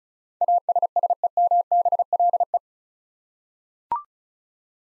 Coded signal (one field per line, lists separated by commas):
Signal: Morse code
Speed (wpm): 34 wpm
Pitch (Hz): 700 Hz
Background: none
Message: ASSEMBLE